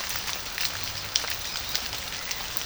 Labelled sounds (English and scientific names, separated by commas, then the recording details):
none
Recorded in pastures near Puerto Asís, Putumayo, Colombia, on 21 March 2025 at 13:00
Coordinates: 0.497, -76.327
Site G072